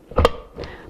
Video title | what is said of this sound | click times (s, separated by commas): Double Trouble Pumpkin Chocolate Cheesecake Recipe - Sunfood.com | pops right in there | 0.2 s